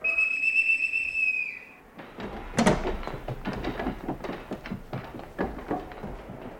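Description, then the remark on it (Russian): A shrill, steady boatswain's pipe whistle on a ship at sea calls all hands on deck, holding one high note for about two seconds, then gives way to a busy clatter of thumps, knocks and scuffling footsteps. “Свистать всех наверх!”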